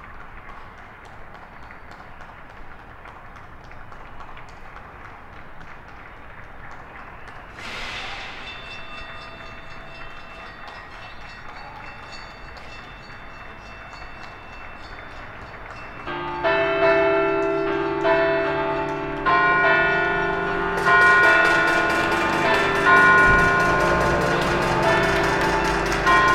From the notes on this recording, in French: Applaudissements et protestations aux balcons et fenêtresRue Roger Salengro, quartier de Vaise - Lyon